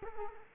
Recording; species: mosquito wingbeat signal from an infrared sensor; Culex quinquefasciatus